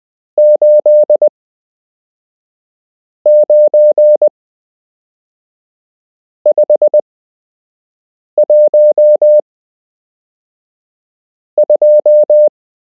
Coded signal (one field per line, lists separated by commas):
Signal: Morse code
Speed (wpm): 20 wpm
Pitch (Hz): 600 Hz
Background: none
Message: 89512